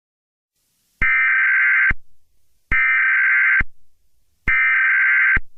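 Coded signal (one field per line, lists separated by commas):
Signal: Emergency Alert System (SAME) tones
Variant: header bursts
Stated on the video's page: Fictional EAS scenario about an escaped T-Rex, not for on-air use.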